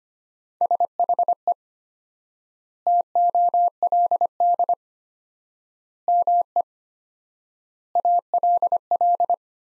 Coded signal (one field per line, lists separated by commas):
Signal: Morse code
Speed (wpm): 25 wpm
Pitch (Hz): 700 Hz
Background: none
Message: SHE TOLD ME ALL